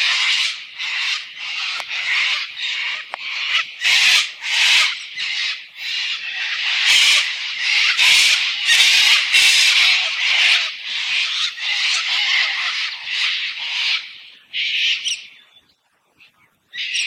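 Cockatoo giving harsh, raspy screeches in many rough bursts, with a pause near the end.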